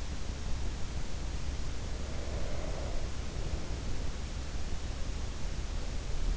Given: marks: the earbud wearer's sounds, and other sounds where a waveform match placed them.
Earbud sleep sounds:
sounds in sleep by an in-ear microphone; breath
1.28-4.20 s: breath

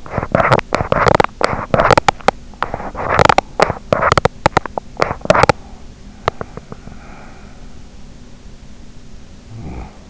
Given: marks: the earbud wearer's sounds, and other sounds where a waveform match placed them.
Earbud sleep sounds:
sounds in sleep by an in-ear microphone; teeth grinding, breath, snoring breath
0.00-2.37 s: teeth grinding
2.63-5.58 s: teeth grinding
6.23-7.57 s: teeth grinding
6.98-7.89 s: breath
9.47-10.10 s: snoring breath

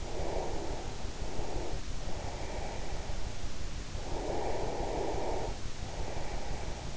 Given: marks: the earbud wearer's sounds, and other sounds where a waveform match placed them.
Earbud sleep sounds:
sounds in sleep by an in-ear microphone; breath
0.05-3.18 s: breath
3.90-6.97 s: breath

